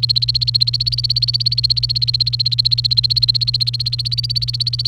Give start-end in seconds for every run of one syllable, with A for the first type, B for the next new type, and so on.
0.00-4.87 A